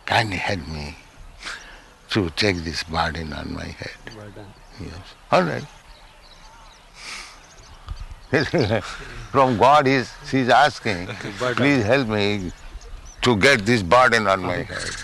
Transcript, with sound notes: "Kindly help me to take this burden on my head." Yes. "All right." [chuckles] From God, she's asking, "Please help me to get this burden on my head."